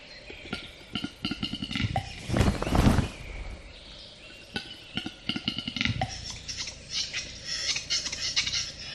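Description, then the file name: Western capercaillie display: scattered clicks, a louder knocking burst with a pop, then more clicks and a scratchy, hissing wheeze. "audio hero Bird Capercaillie"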